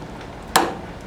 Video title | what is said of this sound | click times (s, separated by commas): gas valve repair | hear it snap and then that way that won't rotate | 0.6 s